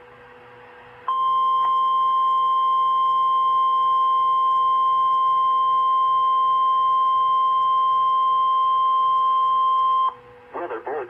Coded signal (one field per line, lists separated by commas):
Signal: Emergency Alert System (SAME) tones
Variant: 1050 Hz attention tone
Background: speech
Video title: EAS 7939-7956 EAS Alerts from 5/15/2025-5/17/2025 Pt. 2/3